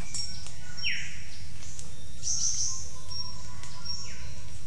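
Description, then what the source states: Bird calls in a steady insect hum: a bright downward-sweeping note near one second, with thin high tones and faint whistles scattered throughout. Birds calling in the jungle at Mungku Baru, Central Kalimantan, Indonesia.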